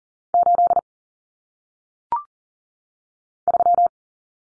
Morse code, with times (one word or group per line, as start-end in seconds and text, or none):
0.3-0.8 8
3.5-3.9 3